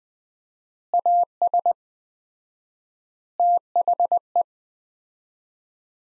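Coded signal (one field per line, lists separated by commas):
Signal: Morse code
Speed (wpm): 20 wpm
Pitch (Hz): 700 Hz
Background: none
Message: AS THE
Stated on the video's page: Morse practice of three-word sets at 20wpm with 4x word spacing, a Farnsworth-like method applied to words.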